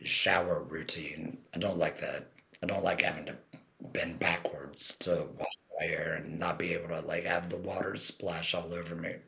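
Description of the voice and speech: An adult man speaks fluently in a low, rough, gravelly voice with uneven pitch and brief pauses between phrases. This is tracheoesophageal speech about 10 months after a laryngectomy, where the voice comes from vibrating throat tissue rather than vocal cords.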